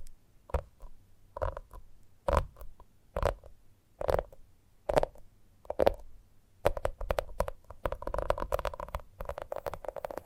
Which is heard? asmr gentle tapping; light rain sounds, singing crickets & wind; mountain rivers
asmr gentle tapping